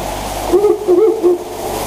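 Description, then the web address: Owl giving three low hoots in quick succession, the middle one slightly wavering, with a constant hiss behind. "sikioto. fukurou"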